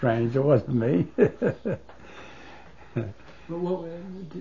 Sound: he laughs

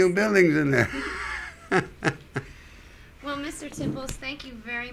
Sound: laughs

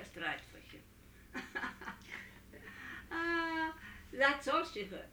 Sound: she laughs

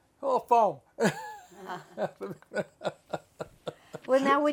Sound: all laugh

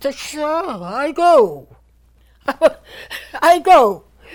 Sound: she laughs

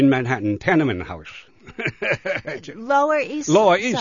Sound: he laughs

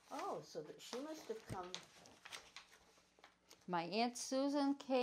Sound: pages tuning

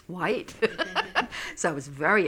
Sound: she laughs

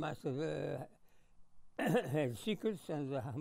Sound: clears throat

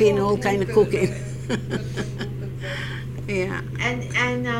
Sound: she laughs

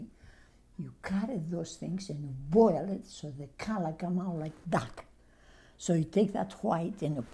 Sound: none

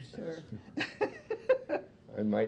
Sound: chuckles

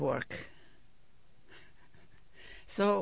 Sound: she laughs

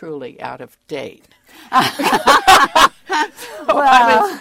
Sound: laughs

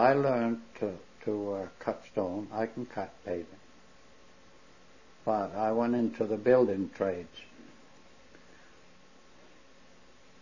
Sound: none

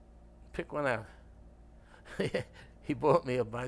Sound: laughs

